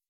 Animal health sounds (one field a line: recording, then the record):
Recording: hydrophone in a shrimp aquaculture tank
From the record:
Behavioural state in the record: weakened